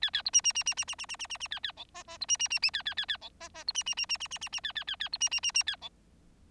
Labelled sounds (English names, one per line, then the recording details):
Bengalese Finch song
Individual Bird4